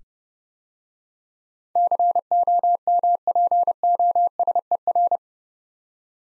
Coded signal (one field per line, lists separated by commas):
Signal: Morse code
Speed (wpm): 28 wpm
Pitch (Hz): 700 Hz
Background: none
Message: COMPOSER